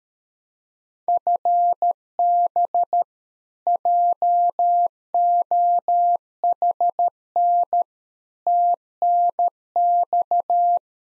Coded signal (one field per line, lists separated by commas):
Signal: Morse code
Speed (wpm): 13 wpm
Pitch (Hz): 700 Hz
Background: none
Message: FB JOHN TNX